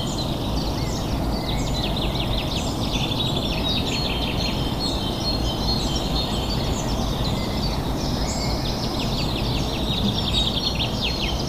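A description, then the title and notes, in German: Birds chirp and twitter continuously through the clip, many calls overlapping in quick, bright bursts that never pause. Beneath them runs a steady, dense low rumble of noise at an unchanging level, with no other distinct events. Morgens um viertel nach fünf Uhr im Rheinland. Vögel.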